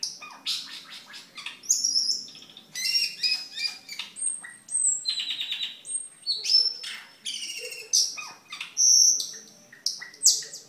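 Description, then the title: Hill myna giving a busy mix of clicks, rasps and ringing high whistles, the phrases tumbling out irregularly over a faint low background murmur. "Suara Burung Cucak keling"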